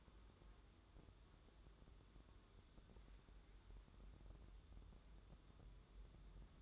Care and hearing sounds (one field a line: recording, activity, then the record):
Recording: daily activity, microphone in the room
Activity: wipe stove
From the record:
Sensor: 3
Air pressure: 1015.1 hPa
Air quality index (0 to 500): 87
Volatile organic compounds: 2 ppm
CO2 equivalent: 1186 ppm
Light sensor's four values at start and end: 15/39/16/17 and 15/39/16/17